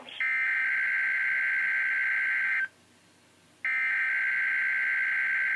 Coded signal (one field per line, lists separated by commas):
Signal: Emergency Alert System (SAME) tones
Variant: header bursts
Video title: EAS 168 KIH35 RWT